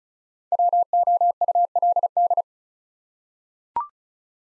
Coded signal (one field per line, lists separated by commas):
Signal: Morse code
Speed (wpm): 34 wpm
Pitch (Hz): 700 Hz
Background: none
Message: WOULD